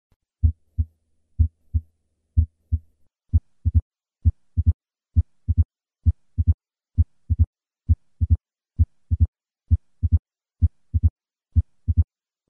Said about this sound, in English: This opening snap is secondary to the thickened mitral valve and occurs at the apex very soon after the second heart sound. I will begin with 3 normal beats and then add the opening snap.